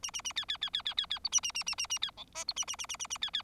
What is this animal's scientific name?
Lonchura striata domestica